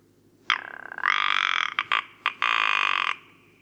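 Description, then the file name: Rock ptarmigan giving harsh, rattling croaks with rapid pulses, a short burst then a longer grating rattle broken into several segments, against a faint low hum. Recorded at Karwendelspitze on 6 July 2014. "Alpenschneehuhn. Karwendelspitze. Michle Pron"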